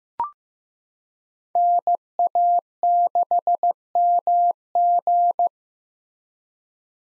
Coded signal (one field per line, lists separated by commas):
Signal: Morse code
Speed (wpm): 15 wpm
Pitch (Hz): 700 Hz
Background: none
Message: NA6MG